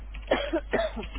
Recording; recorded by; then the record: voluntary cough; telephone call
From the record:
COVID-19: positive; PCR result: checked with the laboratory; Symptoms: yes